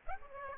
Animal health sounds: mosquito wingbeat signal from an infrared sensor; Aedes aegypti

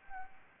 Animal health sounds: mosquito wingbeat signal from an infrared sensor; Anopheles gambiae

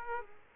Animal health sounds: mosquito wingbeat signal from an infrared sensor; Aedes aegypti

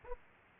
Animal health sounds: mosquito wingbeat signal from an infrared sensor; Aedes aegypti

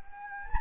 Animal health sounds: mosquito wingbeat signal from an infrared sensor; Anopheles gambiae

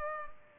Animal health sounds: mosquito wingbeat signal from an infrared sensor; Culex pipiens

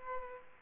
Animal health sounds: mosquito wingbeat signal from an infrared sensor; Aedes aegypti

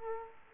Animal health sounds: mosquito wingbeat signal from an infrared sensor; Culex quinquefasciatus

